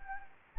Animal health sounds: mosquito wingbeat signal from an infrared sensor; Anopheles gambiae

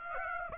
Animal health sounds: mosquito wingbeat signal from an infrared sensor; Aedes aegypti

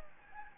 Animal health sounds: mosquito wingbeat signal from an infrared sensor; Anopheles gambiae

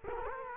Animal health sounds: mosquito wingbeat signal from an infrared sensor; Culex quinquefasciatus

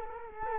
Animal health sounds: mosquito wingbeat signal from an infrared sensor; Culex quinquefasciatus

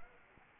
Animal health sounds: mosquito wingbeat signal from an infrared sensor; Anopheles arabiensis

